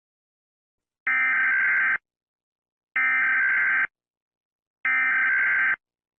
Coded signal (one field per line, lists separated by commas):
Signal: Emergency Alert System (SAME) tones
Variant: header bursts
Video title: EAS Scenario | Hurricane Kimberly |